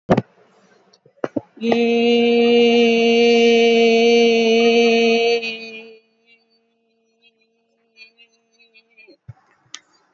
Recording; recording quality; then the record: sustained vowel as in beet; excellent, no background noise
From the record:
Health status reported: recovered from COVID-19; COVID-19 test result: positive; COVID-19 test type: RT-PCR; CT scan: taken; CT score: 12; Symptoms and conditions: cough, fever, fatigue, another condition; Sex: female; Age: 65 years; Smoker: no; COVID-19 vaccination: both doses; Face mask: not worn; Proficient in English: yes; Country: India